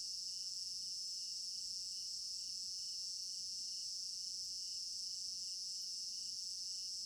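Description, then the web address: Cricket chorus of continuous high trilling, with a lower chirp pulsing in quick regular beats throughout. African village garden at night; stereo binaural recording. "African-Village Garden Night Crickets 03 Stereo-Binaural. immersive sound library"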